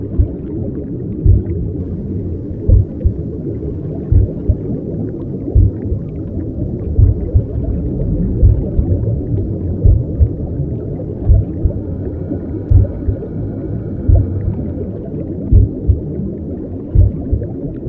Womb sound with mothers heartbeat and sleep pulse.